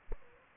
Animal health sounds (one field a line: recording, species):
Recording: mosquito wingbeat signal from an infrared sensor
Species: Aedes aegypti